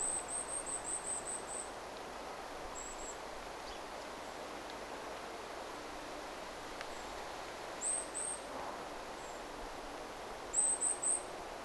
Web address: paivat 1 10 2024 ilm hippiaisen aantelya kahden hippiaislinnun